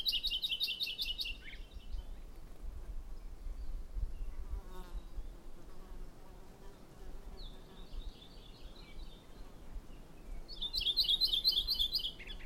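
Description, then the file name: Maui parrotbill giving high, rapid trilled phrases of buzzy notes, three bursts spaced several seconds apart, over a low background rumble. "Maui Parrotbill Pseudonestor xanthophrys"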